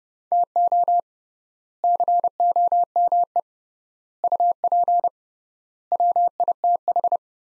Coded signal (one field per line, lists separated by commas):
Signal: Morse code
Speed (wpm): 30 wpm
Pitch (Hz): 700 Hz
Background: none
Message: TO COME UP WITH